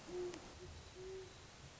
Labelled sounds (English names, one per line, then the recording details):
Great Horned Owl
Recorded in Sonoma County, California